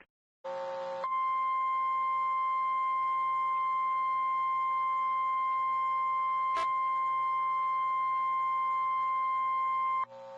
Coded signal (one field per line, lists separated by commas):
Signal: Emergency Alert System (SAME) tones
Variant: 1050 Hz attention tone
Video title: All I Want For Christmas Is Some Tests| Required Weekly Tests 12/23/2020 (EAS #165-171)